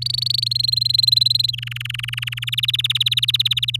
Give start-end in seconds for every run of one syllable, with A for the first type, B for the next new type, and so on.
0.01-0.44 A, 0.46-1.51 B, 1.53-2.50 C, 2.52-3.76 D